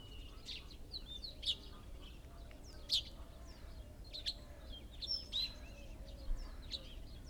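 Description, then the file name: Great tit calls, bright high notes every one to two seconds amid faint chirping, over a continuous low-frequency rumble. "Parus major"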